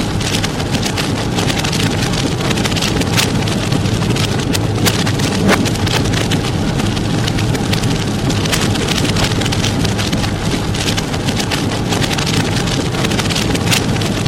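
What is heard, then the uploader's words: Rain drums steadily on a car roof and windshield in a dense, unbroken patter, with sharp individual drops ticking through all along. A low, constant rumble sits underneath, like a running vehicle. The loudness stays even for the whole stretch. Rainy car rides I have known and loved. Various recordings of rain on car roof and windshield, recorded by Dan Bodah in 2003.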